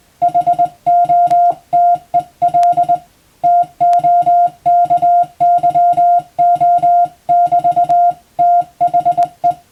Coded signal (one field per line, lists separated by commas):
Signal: Morse code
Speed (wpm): 21 wpm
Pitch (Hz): 700 Hz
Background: music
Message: HOTEL TOKYO<BT>THE